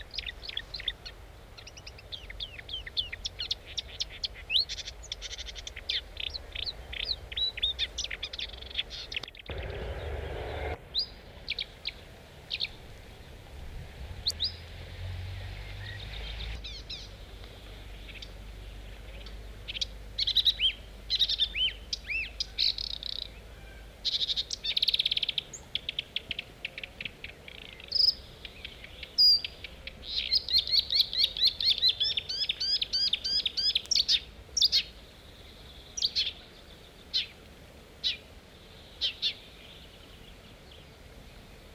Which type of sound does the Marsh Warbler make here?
song